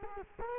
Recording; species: mosquito wingbeat signal from an infrared sensor; Culex quinquefasciatus